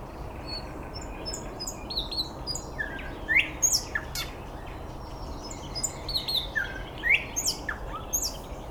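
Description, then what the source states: Bird calls: sharp, upward-sweeping whistled chirps, spaced irregularly, with fainter high twittering behind. Recorded 9 May 2014 at 06:39.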